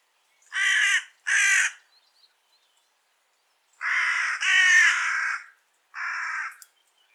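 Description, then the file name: Carrion crow giving harsh, grating caws: a quick pair, a pause, then a longer run of caws and one final shorter caw. "Corvus corone"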